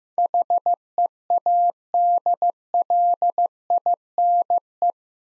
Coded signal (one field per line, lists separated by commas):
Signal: Morse code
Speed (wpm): 15 wpm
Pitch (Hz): 700 Hz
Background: none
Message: HEADLINE